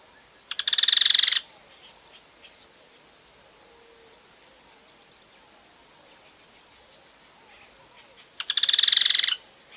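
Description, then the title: Yellow-chinned Spinetail rattling call: two brief, rapid, dry pulsed trills, one near the start and one near the end, over a steady high insect whine. "LuckyPassaro Completos2Sama. Yellow-chinned Spinetail (Certhiaxis cinnamomeus)"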